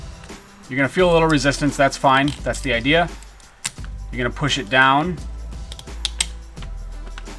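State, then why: Seated. Someone talks while a plastic push-on retaining washer is pressed down over an M5 bolt to hold the spacer and bolt assembly on an aluminum MOLLE panel for a Rivian R1T cab wall. After a little resistance, sharp clicks at 6.1 s and 6.2 s mark the washer locking into place on the bolt, fully seated.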